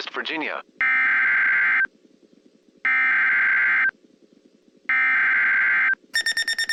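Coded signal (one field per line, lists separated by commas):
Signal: Emergency Alert System (SAME) tones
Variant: header bursts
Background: speech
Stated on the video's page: Fictional EAS scenario with valid EAS tones.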